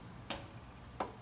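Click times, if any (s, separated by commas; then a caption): 0.3 s. A 10 mm wrench used as a driver pushes a new rubber valve stem seal down over the valve stem onto the valve guide in a 280Z cylinder head. A sharp click at 0.3 s marks the seal seating on the guide, followed by a softer tick at 1.0 s. The seal is seated.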